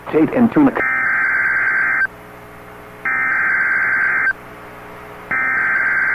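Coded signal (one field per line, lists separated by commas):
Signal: Emergency Alert System (SAME) tones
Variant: header bursts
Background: speech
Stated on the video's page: NOAA Weather Radio severe thunderstorm warning received via an online stream.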